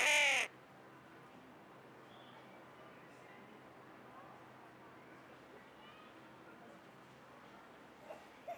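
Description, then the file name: Carrion crow giving a single harsh, hoarse caw at the very start, followed by quiet with faint background hiss. "Corvus corone"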